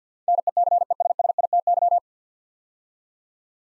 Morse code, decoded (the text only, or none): NECESSITY